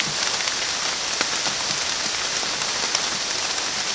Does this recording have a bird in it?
no